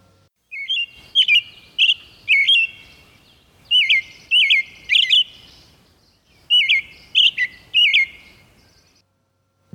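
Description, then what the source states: American robin song: three groups of clear, ringing whistled phrases, three or four in each, separated by short pauses. Ringing song, one of the first calls birders learn in North America.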